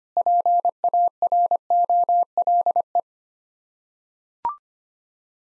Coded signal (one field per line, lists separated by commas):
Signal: Morse code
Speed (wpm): 25 wpm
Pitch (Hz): 700 Hz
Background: none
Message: PAROLE